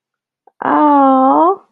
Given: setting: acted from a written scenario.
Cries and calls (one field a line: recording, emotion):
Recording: vocal sound without words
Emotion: positive surprise